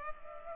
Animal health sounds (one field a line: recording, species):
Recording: mosquito wingbeat signal from an infrared sensor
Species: Culex pipiens